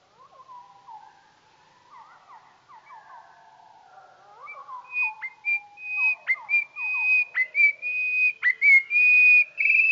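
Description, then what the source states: Goldcrest song, slowed: quiet descending slurred notes at first, building into a louder run of high, evenly pitched whistles cut by sharp flicks. Song slowed down.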